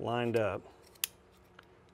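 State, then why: Seated. Someone talks briefly while a KEL-TEC P17 flat trigger and trigger bar assembly is lined up with the sear and pressed into the pistol's polymer frame housing. A sharp, bright snap at 1.0 s marks the assembly seating home, followed by a faint tick at 1.6 s in a quiet background.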